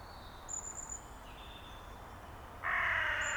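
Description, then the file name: Carrion crow giving a single loud, hoarse caw near the end, preceded by thin, high whistled notes from other birds. "Corvus corone"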